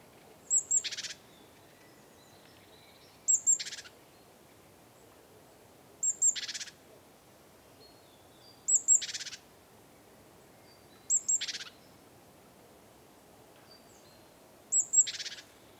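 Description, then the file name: Great tit giving repeated calls, a sharp high note leading into a buzzy, scratchy churr, six phrases spaced roughly every two to four seconds. "Parus major"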